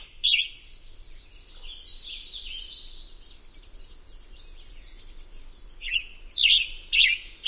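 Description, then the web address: Western tanager singing hoarse, burry phrases, one at the start and several close together near the end, with softer notes between. "Songs of Birds of North America Know Your Bird Sounds Common Western Species. Western Tanager"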